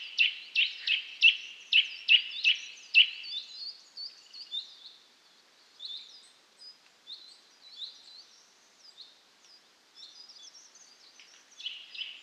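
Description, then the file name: Eurasian nuthatch calling with a fast run of loud, sharp piping notes for three seconds, then softer, scattered high chips continuing to the end. "Sitta europaea"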